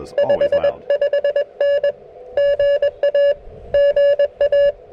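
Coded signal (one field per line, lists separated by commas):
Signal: Morse code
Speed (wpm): 21 wpm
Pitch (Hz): 530 Hz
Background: none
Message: 55N GA GA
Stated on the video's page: Portable QRP park activation with a KX3 and an improvised speaker-wire antenna, later moving to 30 meters.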